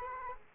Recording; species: mosquito wingbeat signal from an infrared sensor; Culex quinquefasciatus